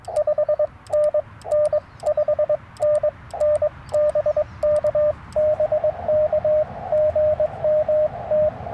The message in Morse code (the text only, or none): 5NN 5NN BK BK GM T